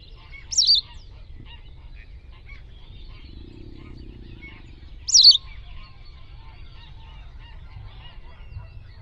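Bird giving two short, sharp, high wavering calls about four and a half seconds apart, over a faint low rumble.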